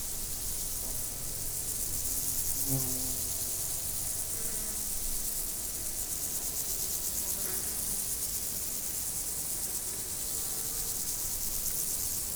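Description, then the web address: Insect chorus: a steady, high, fast-pulsing sound that runs throughout. Insects recorded in nature. "allathangok termeszetben rovarok 2014 varbocutan"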